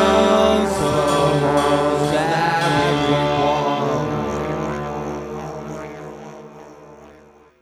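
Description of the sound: A steady, humming tonal drone with layered harmonics over a low hum, slowly fading out toward the end, played to mask tinnitus.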